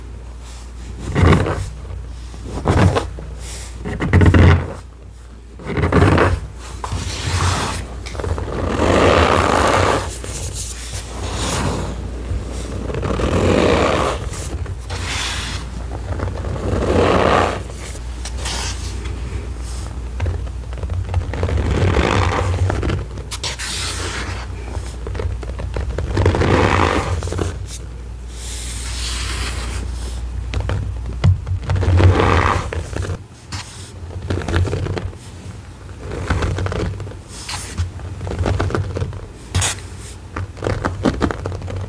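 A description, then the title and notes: Oobleck paste being mixed, with repeated squishy strokes and scraping bursts every second or two over a steady low hum. Mixing Oobleck Paste for Cornstarch Crunchies.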